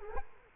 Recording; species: mosquito wingbeat signal from an infrared sensor; Culex quinquefasciatus